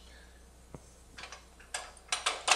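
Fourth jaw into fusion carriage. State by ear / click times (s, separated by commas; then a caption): not seated / none. The arm of a McElroy QuikFit modular pipe fusion carriage is swung around to attach the fourth jaw, giving a faint tick near 0.8 s and soft knocks around 1.2 and 1.3 s. Sharper, louder clacks follow at about 1.8, 2.1, 2.3 and 2.5 s over a steady low hum. Nothing has seated or clicked yet; the fourth jaw is not yet locked into the carriage.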